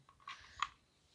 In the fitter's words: thing you made oh it just snaps right in so this is a bike helmet looks like a kid size to me